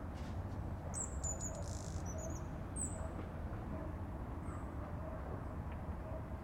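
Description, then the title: Birds chirping: a cluster of thin, very high chirps and short whistled notes in the first three seconds, over a constant low mechanical rumble. "Pajaros"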